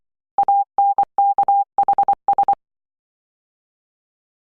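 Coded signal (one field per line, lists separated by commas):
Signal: Morse code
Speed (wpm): 24 wpm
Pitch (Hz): 800 Hz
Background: none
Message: ANKHS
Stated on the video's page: Morse code practice drill on letters D, K, G, O, H.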